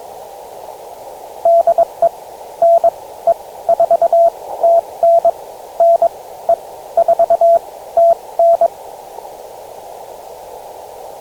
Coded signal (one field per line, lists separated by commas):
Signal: Morse code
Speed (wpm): 22 wpm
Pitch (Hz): 660 Hz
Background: radio noise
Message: DE NE4TN NE4TN